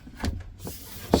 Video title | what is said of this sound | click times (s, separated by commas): Mounting posters on a sloping wall. Will magnets do the job? | you go, you even sort of felt it and heard it click back in. | 1.1 s